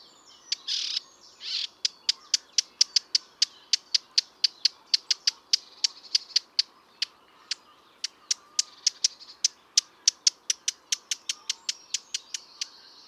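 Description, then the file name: Eurasian blackcap calling with sharp, dry tac notes repeated rapidly for many seconds, preceded by a brief rough burst of sound. "Sylvia atricapilla"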